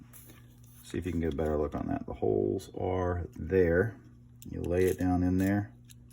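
A small plastic internal piece is handled over its locating pins inside a custom Black Panther PS5 game controller during assembly, as someone talks throughout. A few faint ticks come near the end, but the piece has not yet been pressed home, and nothing has seated or clicked.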